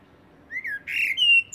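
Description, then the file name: Common blackbird giving a few fluted whistled notes, ending with a high squeaky note. "Turdus merula"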